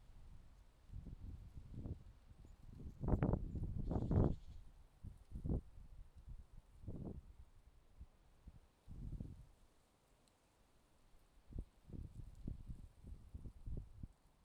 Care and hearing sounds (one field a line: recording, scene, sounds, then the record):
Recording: everyday scene through a hearing-aid microphone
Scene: wind on the microphone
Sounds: wind, traffic, birds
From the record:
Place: suburban garden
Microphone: in the ear canal, left